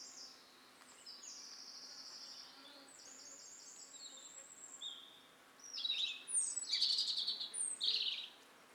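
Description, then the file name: European robin song, soft thin whistled notes at first, then a louder burst of high, tinkling, sliding phrases near the end, with a faint background hiss. "Erithacus rubecula"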